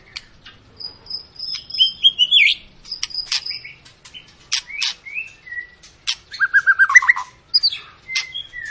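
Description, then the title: White-rumped shama song, high sustained whistles, sharp clicks and a quick rattling trill of repeated notes. Long lure recording of a singing white-rumped shama, used to prompt other birds to sing; described as gacor, meaning sings constantly. "Pancingan Murai Batu Gacor Panjang"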